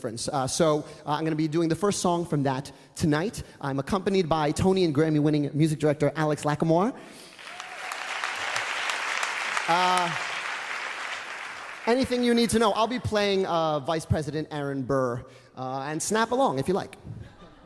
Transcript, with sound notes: So I'm going to be doing the first song from that tonight. I'm accompanied by Tony-and-Grammy-winning music director Alex Lacamoire.
(APPLAUSE)
Anything you need to know - I'll be playing Vice President Aaron Burr. And snap along if you like.